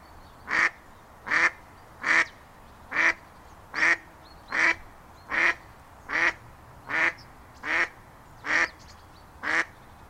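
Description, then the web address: Mallard delivering a long regular series of loud, rasping quacks, about one every 0.8 seconds, evenly spaced throughout. "Tierstimmen Stockente"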